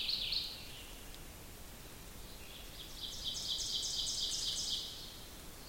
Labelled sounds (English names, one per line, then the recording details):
Ovenbird song
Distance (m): 55 m
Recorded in boreal forest in Alberta, Canada, on 2 June 2016 at 06:27
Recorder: SongMeter 3, array SBT-3-7
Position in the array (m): 49 m, 148 m
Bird 4